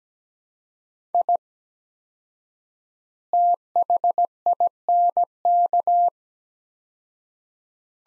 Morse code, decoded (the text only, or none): I THINK